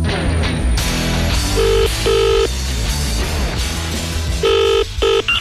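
A telephone rings during a radio show phone-in, in short, repeated bursts of a bright electronic tone, sounding over a busy, loud musical backing with no one speaking.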